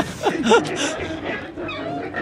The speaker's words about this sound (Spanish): Volar. No sé qué pterodáctilo andaría por esos tiempos, ¿no? Pero... Mirá, ahí lo están escuchando. Una especie de pájaro. Bueno, mirate Jurassic Park. Ancestral.